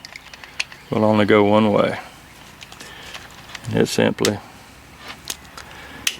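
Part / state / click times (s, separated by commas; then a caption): wiring harness connector onto headlight switch / seated / 6.1 s. A plastic wiring connector is pushed onto the headlight switch terminals of a 1993 Bronco; it is keyed to fit only one way. Someone talks while small plastic ticks and handling sounds are heard. The connector snaps into place with a sharp click at 6.1 s, seating fully.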